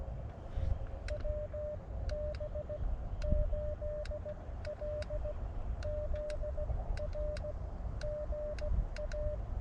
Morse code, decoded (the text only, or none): WB8LZR GA